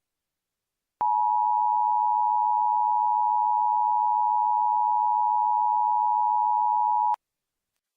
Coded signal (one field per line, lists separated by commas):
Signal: Emergency Alert System (SAME) tones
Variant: 853 and 960 Hz attention tone